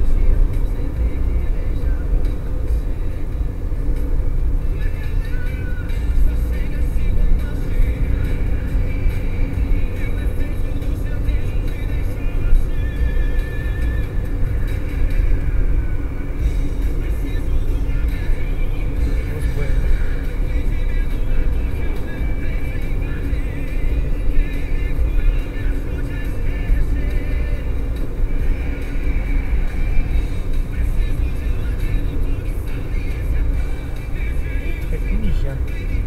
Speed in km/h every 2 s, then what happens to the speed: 89, 87, 87, 89, 91, 94, 97, 96, 91, 91, 92, 93, 93, 94, 96, 96, 93, 91.
4-12 speeds up to 97. 12-16 slows to 91. 16-36 steady at about 93.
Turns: none.